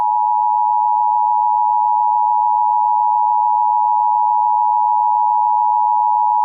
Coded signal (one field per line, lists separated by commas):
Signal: Emergency Alert System (SAME) tones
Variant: 853 and 960 Hz attention tone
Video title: Presidential Alert/Wireless Emergency Alert/EAS Test Announcement, October 03, 2018